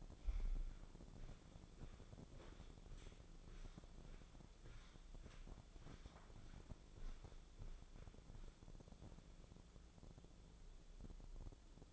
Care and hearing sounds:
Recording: daily activity, microphone in the room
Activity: walk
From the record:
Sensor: 5

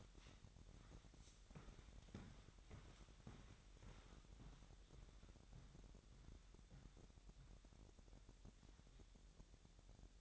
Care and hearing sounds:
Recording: daily activity, microphone in the room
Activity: walk to room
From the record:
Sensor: 3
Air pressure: 1012.2 hPa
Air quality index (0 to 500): 143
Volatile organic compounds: 2 ppm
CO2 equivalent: 1096 ppm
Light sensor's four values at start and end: 141/338/140/130 and 141/336/139/129

